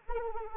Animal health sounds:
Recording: mosquito wingbeat signal from an infrared sensor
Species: Anopheles arabiensis

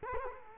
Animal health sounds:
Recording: mosquito wingbeat signal from an infrared sensor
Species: Culex quinquefasciatus

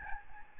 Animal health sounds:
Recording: mosquito wingbeat signal from an infrared sensor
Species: Aedes albopictus

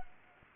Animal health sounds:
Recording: mosquito wingbeat signal from an infrared sensor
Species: Culex pipiens

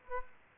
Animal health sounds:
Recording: mosquito wingbeat signal from an infrared sensor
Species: Aedes aegypti

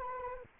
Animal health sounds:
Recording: mosquito wingbeat signal from an infrared sensor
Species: Anopheles arabiensis

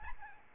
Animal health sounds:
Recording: mosquito wingbeat signal from an infrared sensor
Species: Aedes albopictus

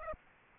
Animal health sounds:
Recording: mosquito wingbeat signal from an infrared sensor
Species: Aedes aegypti

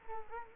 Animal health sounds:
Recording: mosquito wingbeat signal from an infrared sensor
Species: Culex quinquefasciatus

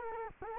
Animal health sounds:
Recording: mosquito wingbeat signal from an infrared sensor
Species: Culex quinquefasciatus

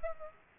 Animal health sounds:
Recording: mosquito wingbeat signal from an infrared sensor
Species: Aedes aegypti

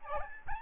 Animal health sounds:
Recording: mosquito wingbeat signal from an infrared sensor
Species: Aedes albopictus

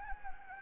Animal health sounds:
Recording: mosquito wingbeat signal from an infrared sensor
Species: Anopheles gambiae

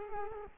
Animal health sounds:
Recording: mosquito wingbeat signal from an infrared sensor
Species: Culex quinquefasciatus

